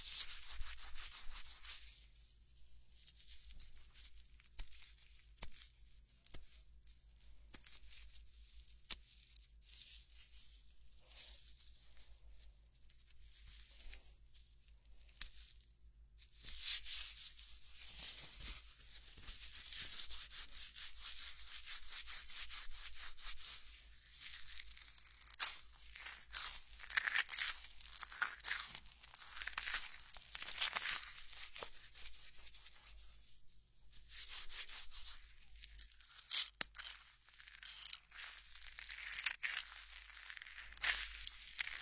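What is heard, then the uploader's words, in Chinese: Head massage during a hair wash: steady bright rubbing and scratching strokes, thin until about sixteen seconds, then denser, with a low hum underneath. 头部按摩 洗头(无人声)。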